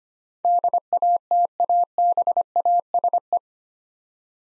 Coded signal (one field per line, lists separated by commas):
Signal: Morse code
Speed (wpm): 25 wpm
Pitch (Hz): 700 Hz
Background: none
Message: DATABASE